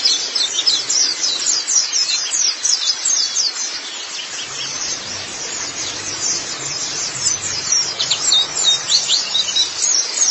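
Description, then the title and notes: White-eye twittering, fast high-pitched chirps tumbling over one another without a break. "Kicauan Burung Pleci Durasi Panjang. Suara kicauan burung pleci"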